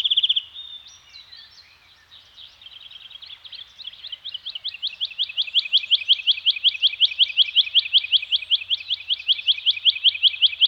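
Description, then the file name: Bird song: a brief bright note, then a long rapid series of high chirping notes, swelling steadily louder to the end. Birds singing in a Scandinavian forest environment, from a nature soundscape. "Nature Soundscape - Scandinavian Forest Environment with Birds Singing"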